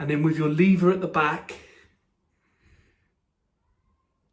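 Someone talks about the rear locking lever on a vintage metal safety razor head, which engages the blade and holds the mechanism closed. After the talking, a faint, brief handling sound comes around 2.6 to 2.9 seconds, then quiet. The lever is being handled, and nothing has seated or clicked yet.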